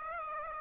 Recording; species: mosquito wingbeat signal from an infrared sensor; Aedes aegypti